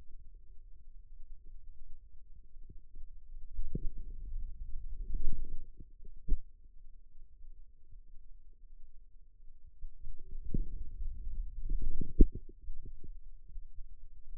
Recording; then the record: forearm muscle sounds (acoustic myography)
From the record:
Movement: wrist flexion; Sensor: system 2, bracelet of six BSWA MPA416 microphones around the upper forearm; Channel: 1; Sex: male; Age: 22 years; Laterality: right